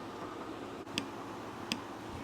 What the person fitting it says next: That click, that click is what you want to hear so you know you got it seated.